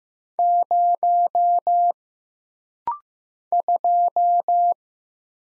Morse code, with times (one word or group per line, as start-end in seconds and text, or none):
0.4-1.9 0
3.5-4.7 2